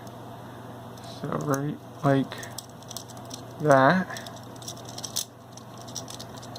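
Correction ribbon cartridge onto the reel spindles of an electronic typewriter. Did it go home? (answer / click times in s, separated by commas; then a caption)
no / none. A plastic correction ribbon cartridge for a 1988 Smith-Corona CXL 4200 electronic typewriter is handled and pushed down toward the two reel spindles, its tape threaded between the daisy wheel and the metal guide. Someone talks while faint plastic taps and rattles sound around 2.8–3.3 s and 5.0–6.0 s. Nothing has seated or clicked yet.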